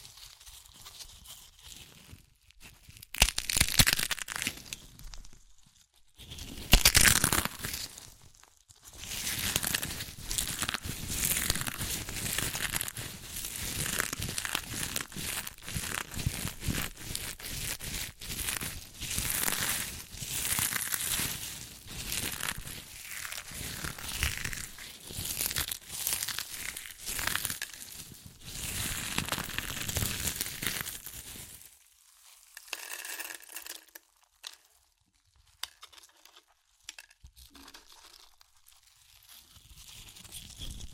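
Crunchy chips are crushed and eaten in dense bursts of crackling and crinkling, starting in short loud snaps around four to seven seconds, then a busy, fairly steady crunching from about nine to thirty-one seconds. Afterward only sparse, quieter crackles and pauses remain.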